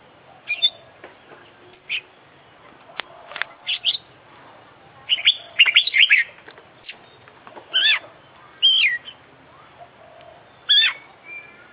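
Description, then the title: Oriental magpie-robin song of scattered clicks and sharp notes mixed with fuller whistled and slurred phrases. Competition bird described as an international champion, singing a full, complete set of fill-in phrases (isian). "KICAU KACER JUARA INTERNASIONAL FULL ISIAN KOMPLIT DURASI PANJANG"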